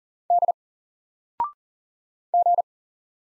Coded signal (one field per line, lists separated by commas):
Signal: Morse code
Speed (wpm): 40 wpm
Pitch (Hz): 700 Hz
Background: none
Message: D G